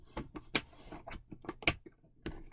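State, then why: Seated. Plastic edge clips on a panel of a stackable shoe storage box are pressed into their notches in the frame during assembly, with scattered light taps and handling noises. Two sharp snaps stand out at 0.6 s and 1.7 s as the clips seat. The panel snaps into place without much effort.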